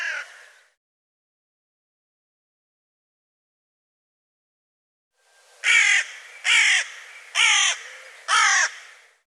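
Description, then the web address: Bird giving harsh, buzzy caws: one brief call at the start, then a run of four loud caws about one second apart after a long silence. "cianscape birddata Deverinetal 2025 File cleaned normalized Bird"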